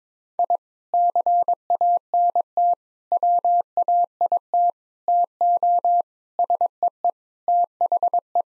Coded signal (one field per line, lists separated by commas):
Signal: Morse code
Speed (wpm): 23 wpm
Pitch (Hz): 700 Hz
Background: none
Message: I CANT WAIT TO SEE THE